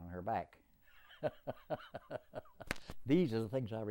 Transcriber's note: laughs